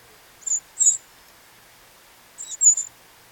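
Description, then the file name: Eurasian wren calls: two brief pairs of sharp, high ticking notes about two seconds apart, with silence between. "Troglodytes troglodytes"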